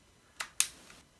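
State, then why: Seated. A second plastic detachable game controller is slid onto the other side rail of a Nintendo Switch console. Two sharp clicks are heard at 0.4 s and 0.6 s, the second much louder. The controller clicks into place and is locked.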